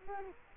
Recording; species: mosquito wingbeat signal from an infrared sensor; Culex quinquefasciatus